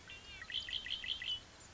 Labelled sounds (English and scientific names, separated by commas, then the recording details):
Red-winged Blackbird (Agelaius phoeniceus)
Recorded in Sonoma County, California